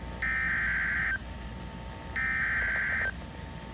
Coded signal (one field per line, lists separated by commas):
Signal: Emergency Alert System (SAME) tones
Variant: header bursts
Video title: SEABREEZE INSANITY 4: SEABREEZE MAYHEM - EAS Alerts From 7/21/24 - 7/24/24 (EAS #2122-2150)